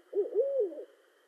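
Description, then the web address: Barred owl call: a short hoot followed by a long, slurred hoot that rises, holds, then falls away. Recorded 18 March 2012. "sounds birds Barred Owl 2012 03 18 Barred Owl"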